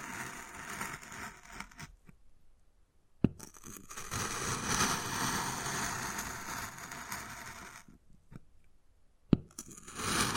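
Wood carving with long rough scraping strokes, one running from about 3 to 8 seconds and another starting near 10 seconds, grainy and bright with a low rumbling undertone. Sharp taps mark the gaps, notably around 3 and 9 seconds, with quieter scratches between.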